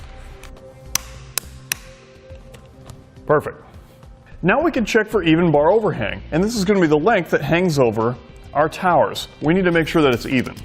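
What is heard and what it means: The strap bolts of a Yakima RidgeLine roof rack for flush rails on a 2015 Volkswagen Golf SportWagen are tightened the rest of the way with the included torque tool. Three sharp clicks ring out at 0.96, 1.38 and 1.72 seconds, confirming the tool has reached its torque setting. Soft music plays, and then someone talks.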